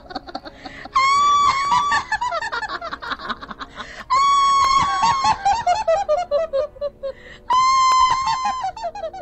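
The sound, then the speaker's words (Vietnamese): A female ghost's high, shrill scream rises three times, each breaking into a long, wild, cackling descending laugh in rapid staccato bursts, loud and eerie, over a low rumbling background. “Ở bên kia, cái tiếng hét của vong nữ cùng với tiếng cười man dợ vẫn vang lên, xoáy sâu vào trong óc của tôi, dìm tôi vào trong vô thức.”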